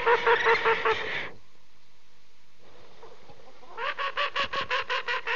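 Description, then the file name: Duck uttering quick, evenly spaced nasal quacks in a burst, a short quiet spell with background hiss, then another fast run of quacks. "Grey"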